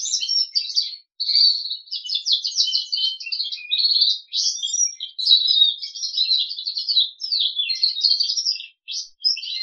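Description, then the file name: Crested canary song of rolling trills and sharp chirped notes delivered almost without a break, varying rapidly in pattern. "audio kenari jambul"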